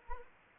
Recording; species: mosquito wingbeat signal from an infrared sensor; Anopheles arabiensis